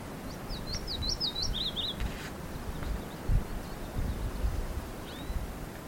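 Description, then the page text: Southern yellowthroat giving a quick, wavering warbled phrase lasting about a second and a half, high-pitched, against steady low rumbling background noise. Adult male; four or five birds seen; 13 September 2014, Ciervo de los Pantanos National Park, Buenos Aires, Argentina. "Pia-cobra (Geothlypis velata) Se observaron 4 o 5 ejemplares. Diego Oscar"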